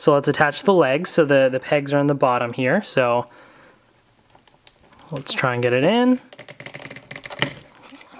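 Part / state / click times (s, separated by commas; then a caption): toy robot leg into main body pegs / seated / 7.4 s. Someone talks, then a plastic Megazord toy robot leg is pushed onto the pegs under the main body piece, with small plastic ticks and rattles as it is worked into position. It clicks into place at 7.4 s, seated onto the body pegs.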